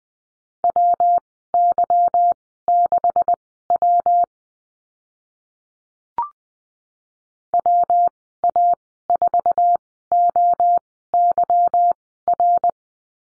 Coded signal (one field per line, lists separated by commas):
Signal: Morse code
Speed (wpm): 20 wpm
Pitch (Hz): 700 Hz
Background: none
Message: WY6W WA4OYR